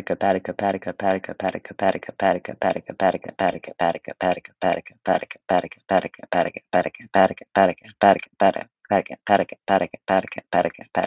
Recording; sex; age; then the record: repeated syllables /pa ta ka/; male; 20 to 29 years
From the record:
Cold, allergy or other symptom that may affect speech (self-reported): no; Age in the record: 23 years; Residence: United States